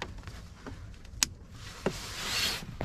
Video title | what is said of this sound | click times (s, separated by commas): How to recalibrate 2021 Jeep Wrangler's Speedo with ECRI | and basically they click right into the bypass module now | 1.2 s